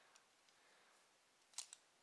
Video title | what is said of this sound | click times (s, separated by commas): MOST POWERFUL LEGO gun Mechanism. | and then it locks into place and then you can put the bullet in now i | 1.6 s